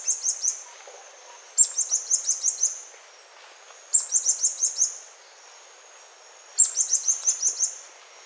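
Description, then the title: White-chinned sapphire repeating short bursts of thin, high-pitched tinkling notes, four phrases spaced about two to three seconds apart. "LuckyPassaro Completos2Sama. White-chinned Sapphire (Hylocharis cyanus)"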